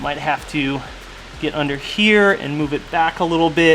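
Oil feed tubes are being handled and pushed back toward a Mosselman oil thermostat housing on an S55 engine, meant to go in up to the O-rings, while someone talks over a steady background hiss. Nothing has seated or clicked into place yet.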